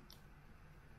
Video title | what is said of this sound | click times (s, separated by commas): Cold Steel Click-n-Cut Utility knife review by BA Blades (blades.co.uk) | Simply push the blade in until you hear a click, making sure to keep your fingers away from the edge. | 0.1 s